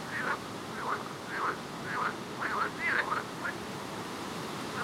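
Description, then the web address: Frog chorus of quick quacking, chuckling notes, about two per second, overlapping and uneven, over a soft hiss. "Soundscape Frog 1"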